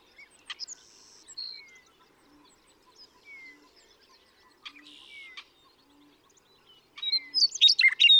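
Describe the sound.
Western meadowlark song bursting in at the end as jumbled, gurgling whistles. Before it come thin whistled notes from other birds and a few soft, low notes.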